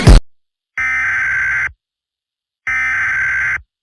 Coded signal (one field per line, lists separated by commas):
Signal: Emergency Alert System (SAME) tones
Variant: header bursts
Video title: EAS SCENARIO #3: the egg army.